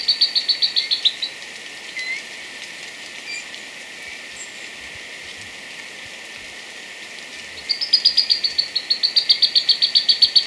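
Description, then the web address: White-throated tyrannulet: a rapid run of high notes, a pause with a few soft chips, then a longer fast series of bright repeated notes. Recorded in Ecuador. "Birds of Ecuador 2. White-Throated Tyrannulet"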